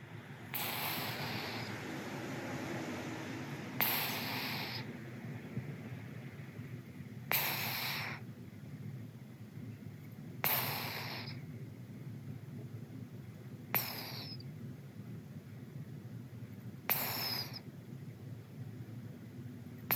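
A pet cat named Bailong snoring at home: six broadband snorting breaths, each a short burst of noise recurring about every three and a half seconds, over a steady low background hum.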